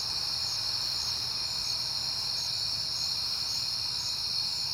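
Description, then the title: Crickets trilling continuously at a high pitch, with short bright chirps repeating regularly over a faint low hum. Recorded on a peaceful night in September. "Night Time: Crickets and Passing Cars"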